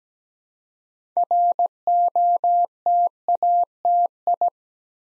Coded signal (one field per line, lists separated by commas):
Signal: Morse code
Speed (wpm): 17 wpm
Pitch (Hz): 700 Hz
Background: none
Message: ROTATI